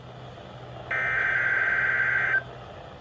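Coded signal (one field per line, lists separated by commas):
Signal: Emergency Alert System (SAME) tones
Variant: header bursts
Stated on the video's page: Real Required Weekly Test received on NOAA Weather Radio 162.425 MHz from a Janesville, Wisconsin transmitter.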